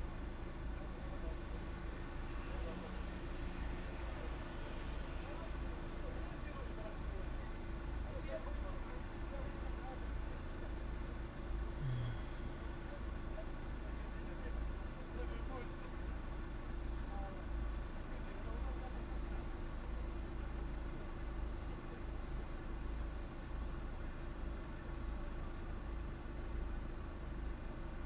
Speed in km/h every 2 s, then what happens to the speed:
0, 0, 0, 0, 0, 0, 0, 0, 0, 0, 0, 0, 0, 0.
0-28 standing.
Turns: none.